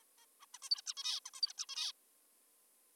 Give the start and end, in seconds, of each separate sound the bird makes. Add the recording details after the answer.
0.00-0.03, 0.18-0.26, 0.42-0.46, 0.54-0.58, 0.62-0.69, 0.71-0.82, 0.86-0.94, 0.97-1.20, 1.26-1.30, 1.34-1.41, 1.42-1.53, 1.58-1.66, 1.69-1.92. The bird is an adult. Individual g19o3U